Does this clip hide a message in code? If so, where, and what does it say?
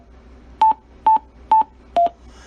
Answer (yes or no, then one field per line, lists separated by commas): no